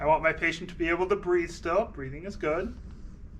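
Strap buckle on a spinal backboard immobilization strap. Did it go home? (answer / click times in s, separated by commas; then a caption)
no / none. A plastic strap buckle on a spinal backboard immobilization strap is handled across the chest of an unresponsive patient being secured to a spine board while someone talks. The buckle has not clicked or seated yet by the end of the clip.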